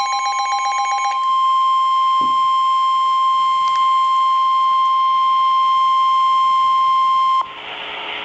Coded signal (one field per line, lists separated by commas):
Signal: Emergency Alert System (SAME) tones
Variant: 1050 Hz attention tone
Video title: {Streaming} Special Marine Warning (EAS #915)